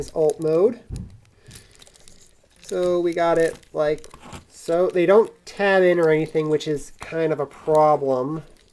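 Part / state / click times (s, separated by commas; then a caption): alien head piece going into the transforming toy body / not seated / none. Someone talks while handling a transforming plastic action figure in alt mode, working its plastic alien head piece toward the toy body, with a few faint, short plastic ticks between about 1.2 and 2.1 seconds. The clip ends before the alien head is pushed in, so nothing has seated or clicked into place yet.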